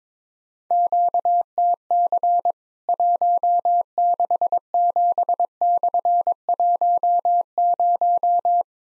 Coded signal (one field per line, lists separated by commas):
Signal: Morse code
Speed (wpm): 22 wpm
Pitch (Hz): 700 Hz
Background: none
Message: QTC 167/10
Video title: Worked All Europe DX Contest QTC Exchange with Repeats 22wpm